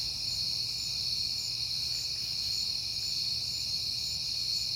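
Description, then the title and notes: Crickets keep up an unbroken shrill chorus of overlapping trills, over a soft low background hum. Crickets recorded at night in September on a peaceful night; crickets heard a lot at that time. "Night Time: Crickets and Passing Cars. It is September and I have been hearing the crickets a lot"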